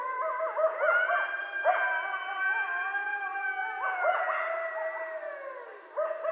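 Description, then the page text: Coyotes howling, several long wavering howls overlapping in a chorus, with short yipping breaks between the sustained notes. Coyotes vocalizing at night. "Night Sounds, Pt 5 – Coyotes – Stan Courtney"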